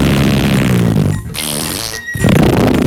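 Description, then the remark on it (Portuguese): A loud, drawn-out fart sound effect with a buzzy, sputtering low rumble that wavers in pitch, surrounded by bursts of noisy clatter with no one speaking. “Logo após que a porta se fecha, o homem solta um escandaloso e fedorento pum.”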